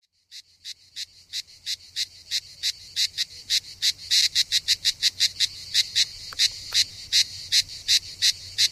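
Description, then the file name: Cicada call starting after a brief silence, dry buzzy pulses building in loudness and repeating about three per second, a faint low rumble beneath. Recorded 3 September 2009, around 07:33 in the morning. "Cigales"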